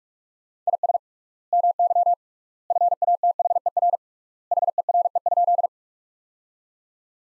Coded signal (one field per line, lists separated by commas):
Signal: Morse code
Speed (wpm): 46 wpm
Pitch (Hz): 700 Hz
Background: none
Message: IS MY FATHER HERE?